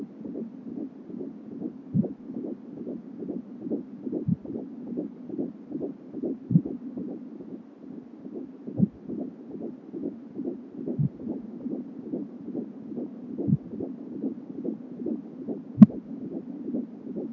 Baby heart beat.